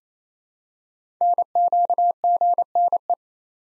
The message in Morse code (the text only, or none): NQGNE